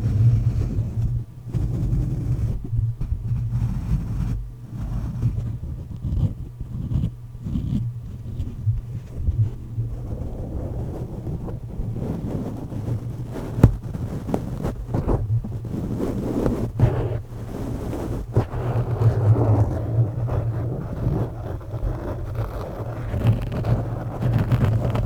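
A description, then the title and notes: Scratching and rubbing against a microphone, heard as rough scrapes and thumps over a heavy low rumble that never lets up. The scraping is irregular, with brief sharp knocks around the middle, and grows busier and denser in the second half. Mic Scratching.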